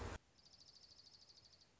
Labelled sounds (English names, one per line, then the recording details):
Dark-eyed Junco
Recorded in Sonoma County, California